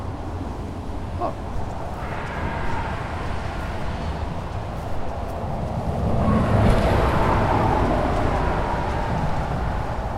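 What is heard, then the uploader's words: A soundwalk through Withlacoochee State Forest, carried by a steady, dense low rumble like passing traffic. Around six seconds the sound swells and brightens as a vehicle seems to go by, easing slightly toward the end, with a faint brief tick near the start. Soundwalking - Withlacoochee State Forest.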